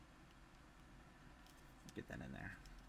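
Someone talks while handling the plastic leg section of a Transformers Legacy United Voyager Class Silverbolt transforming action figure, working it toward locking into the body on the second side. Over a low steady hum, brief plastic handling taps and rubbing come in around 1.9 to 2.6 seconds. Nothing has seated or clicked yet.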